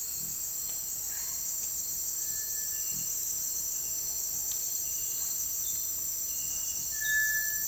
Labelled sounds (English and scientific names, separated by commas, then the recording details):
White-throated Tinamou (Tinamus guttatus)
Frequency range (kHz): White-throated Tinamou (Tinamus guttatus) 0.9-2.6 kHz
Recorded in dense forest near Puerto Asís, Putumayo, Colombia, on 19 February 2024 at 08:00
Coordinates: 0.485, -76.318
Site G6408